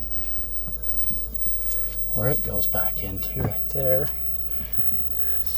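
During a CV axle replacement on a 2010 Chevy 1500 pickup, a small retaining clip or keeper near the hub and brake assembly is being handled and pressed back toward its slot. Someone talks over a steady low hum. Nothing has seated or clicked yet.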